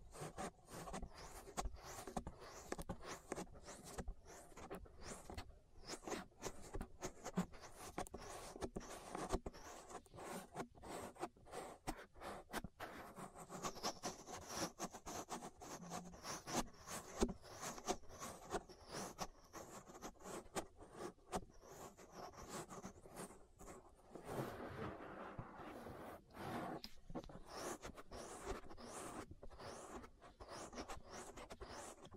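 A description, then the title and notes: Ear massage with dense, continuous rubbing and scraping, made of rapid irregular strokes and crackles, with a brighter, smoother sweep around 25 seconds. ASMR Relaxing Ear Massage. (No Talking).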